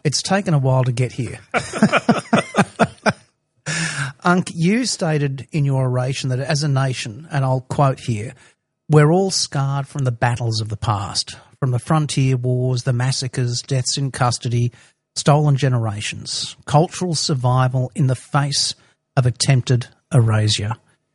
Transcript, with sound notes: It’s taken a while to get here. [Both laughing] Unc, you stated in your oration that as a nation, and I’ll quote here, “We’re all scarred from the battles of the past, from the frontier wars, the massacres, deaths in custody, Stolen Generations, cultural survival in the face of attempted erasure.”